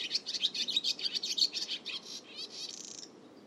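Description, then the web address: Bird song of rapid, high chirping notes in a dense, jumbled twitter, ending in buzzy trills before stopping. "Bird Only"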